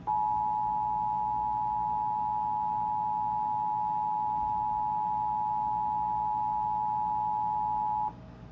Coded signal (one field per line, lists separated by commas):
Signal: Emergency Alert System (SAME) tones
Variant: 853 and 960 Hz attention tone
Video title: (EAS #511) Flash Flood Warning for Dane and Iowa, Wisconsin